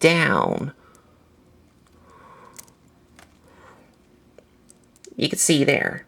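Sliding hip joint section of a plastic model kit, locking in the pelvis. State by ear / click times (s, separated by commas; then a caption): not seated / none. Someone talks while handling the sliding hip joint section of a Mobile Suit Gundam Real Grade RX-78-2 Gundam Version 2.0 plastic model kit, sliding the section with the pegs down in the pelvis to extend the hip range. Between the talking there are faint plastic handling sounds and a few small ticks. Nothing has seated or clicked into place yet.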